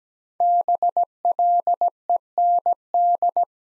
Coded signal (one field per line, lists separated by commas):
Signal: Morse code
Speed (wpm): 17 wpm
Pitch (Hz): 700 Hz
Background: none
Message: BLEND